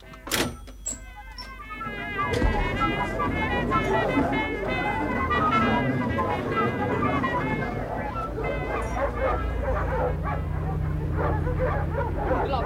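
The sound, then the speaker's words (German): Several dogs bark and yelp in a dense, overlapping chorus, with high whining whimpers woven through, steady and loud throughout after a few sharp opening barks; a low rumble runs underneath. “Die armen Hunde.”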